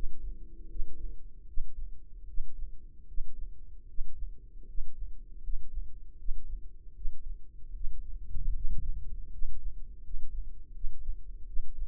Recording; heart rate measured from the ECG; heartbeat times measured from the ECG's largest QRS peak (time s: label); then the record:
heart sounds by microphone in the left ear; 78 bpm
0.67 s: heartbeat
1.45 s: heartbeat
2.25 s: heartbeat
3.05 s: heartbeat
3.86 s: heartbeat
4.65 s: heartbeat
5.40 s: heartbeat
6.16 s: heartbeat
6.93 s: heartbeat
7.72 s: heartbeat
8.52 s: heartbeat
9.29 s: heartbeat
10.01 s: heartbeat
10.71 s: heartbeat
11.44 s: heartbeat
From the record:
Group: healthy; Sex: male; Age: 21 years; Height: 180 cm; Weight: 67.5 kg